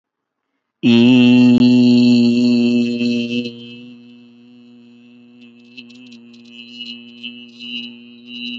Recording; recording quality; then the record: sustained vowel as in beet; excellent, no background noise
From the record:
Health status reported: healthy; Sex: male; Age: 54 years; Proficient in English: yes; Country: India